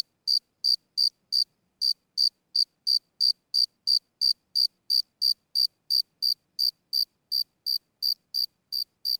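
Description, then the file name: Grasshopper giving a long series of sharp, high chirps, about three per second, against a silent background. "kuznechik"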